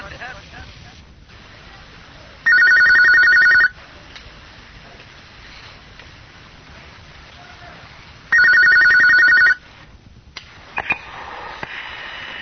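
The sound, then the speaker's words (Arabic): A telephone rings twice, each burst about a second long with a steady electronic warble, separated by several seconds of faint hiss and low murmuring noise. “من سلسلة الهدى والنور أجوبة على أسئلة عبر الهاتف.”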